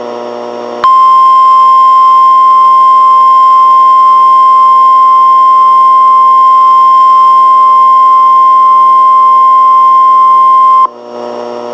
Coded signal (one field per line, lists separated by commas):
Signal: Emergency Alert System (SAME) tones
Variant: 1050 Hz attention tone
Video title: Civil Emergency Message issued by request of the Clay County FL O.E.M. (EAS #416)